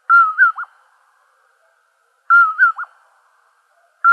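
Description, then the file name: Common poorwill whistled song, a three-part phrase with a clear first note, a rising second note and a short dropping final note, heard twice with a third just starting at the end, in quiet surroundings. Recorded in Arizona on 23 April 2003. "COPO 2 deviche"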